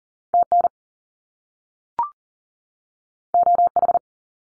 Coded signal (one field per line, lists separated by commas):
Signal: Morse code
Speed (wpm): 41 wpm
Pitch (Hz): 700 Hz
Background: none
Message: TN OH